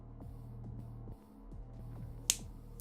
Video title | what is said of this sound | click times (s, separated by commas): Tree builds Gunpla! | oh it didn't click | none